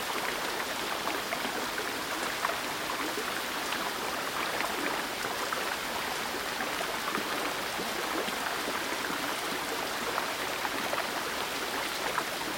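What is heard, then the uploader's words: Rain falls on a river in a steady, dense hiss, with countless small drops pattering across the surface. The sound stays even for the whole stretch, bright, with a faint low rush of moving water underneath and no distinct events standing out. Rain On The River.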